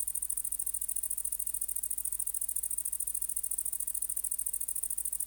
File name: Tettigonia viridissima